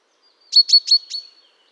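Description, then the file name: Common chaffinch call, a single quick burst of four sharp, ringing high notes in under a second, followed by silence. "Fringilla coelebs"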